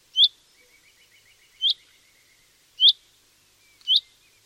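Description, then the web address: Common chaffinch giving four sharp, high downslurred call notes at regular intervals, with a faint soft trilling bird in the background. "Deverinetal"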